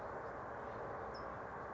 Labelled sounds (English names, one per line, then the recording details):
California Towhee
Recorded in Sonoma County, California